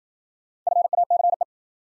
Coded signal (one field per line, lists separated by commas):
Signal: Morse code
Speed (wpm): 55 wpm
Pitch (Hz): 700 Hz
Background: none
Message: FACE